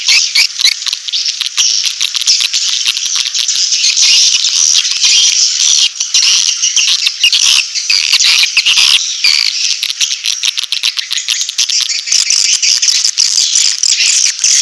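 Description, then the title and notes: Swiftlet chorus of thin, piercing chirps and rattling clicks, densely overlapping and steady throughout. Swiftlet farming sound from Asia. "Swiflet Bird Sound. Farming Swiflet Bird asia sound"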